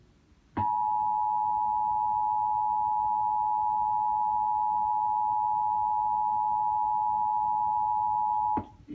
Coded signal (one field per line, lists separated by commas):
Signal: Emergency Alert System (SAME) tones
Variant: 853 and 960 Hz attention tone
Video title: Emergency Alerts Around the World (Sound Warning)